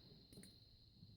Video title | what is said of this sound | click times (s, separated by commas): How to Replace Front Disc Brakes - Lincoln Continental (And most other vehicles) | once you have all your stuff on there okay just push it back in there snap into place and it should do that | 0.4 s